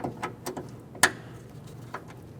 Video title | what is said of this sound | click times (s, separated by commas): How to Replace Park Assist Camera 2012-2018 Nissan Altima | listen for a click give it a tug make sure it's secure | 1.0 s